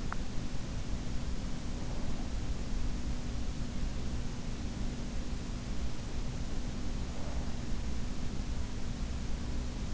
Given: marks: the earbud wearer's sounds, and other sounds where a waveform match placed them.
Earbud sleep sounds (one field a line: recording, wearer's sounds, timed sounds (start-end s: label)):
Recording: sounds in sleep by an in-ear microphone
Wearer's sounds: teeth grinding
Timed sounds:
0.00-0.33 s: teeth grinding